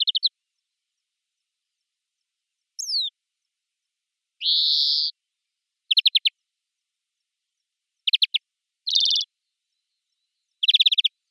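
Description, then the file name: European greenfinch calls: quick clipped twitters and a thin descending note, a drawn-out buzzy wheeze, then short rattling trills with another buzzy note among them, with pauses between. "Chloris chloris"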